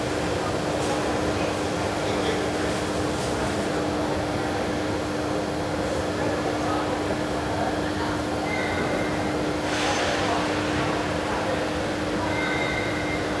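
People mill about on a train platform in Rome, their voices mixing into a constant murmur over a deep, steady rumble. A sustained low hum runs straight through. Brief brighter squeals and tones cut in around the middle and near the end.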